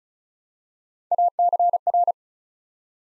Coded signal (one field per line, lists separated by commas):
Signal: Morse code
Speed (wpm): 36 wpm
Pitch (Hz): 700 Hz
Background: none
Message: ACR